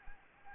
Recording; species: mosquito wingbeat signal from an infrared sensor; Anopheles arabiensis